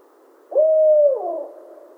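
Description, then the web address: Barred owl hoot: one strong, even note that drops at its close into a trailing, slurred downward tail, after a brief quiet lead-in. On 28 July 2011. "Barred Owl 2011 07 28 Barred Owl"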